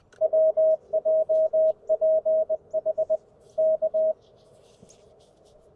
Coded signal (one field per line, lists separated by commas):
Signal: Morse code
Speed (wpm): 20 wpm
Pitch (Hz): 630 Hz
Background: none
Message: WJPH K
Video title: Knee-POTA! Chilly Sunday Morning CW Activation with the CFT1!